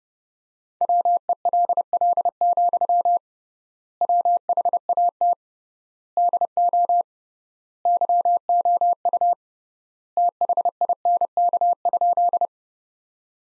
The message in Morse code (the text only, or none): WELL, WHAT DO YOU THINK?